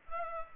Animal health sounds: mosquito wingbeat signal from an infrared sensor; Culex pipiens

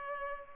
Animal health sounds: mosquito wingbeat signal from an infrared sensor; Culex pipiens

